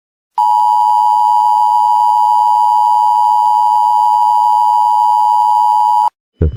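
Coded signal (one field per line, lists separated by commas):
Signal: Emergency Alert System (SAME) tones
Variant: 853 and 960 Hz attention tone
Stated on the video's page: Fictional EAS scenario.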